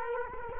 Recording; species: mosquito wingbeat signal from an infrared sensor; Culex quinquefasciatus